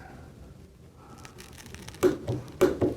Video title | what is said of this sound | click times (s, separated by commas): Cách Thay Miếng Chêm Cho Dao Thổi Khí Loại Super Của EXAIR | until you hear the torque wrench click | 2.0 s, 2.6 s